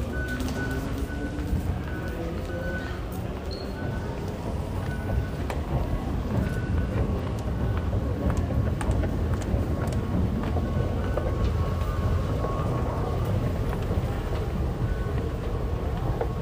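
A steady, dense low rumble of a bus or metro ride runs throughout, with constant engine and road noise. Faint voices murmur in the background. Thin steady tones come and go, and a few short clicks and knocks break through.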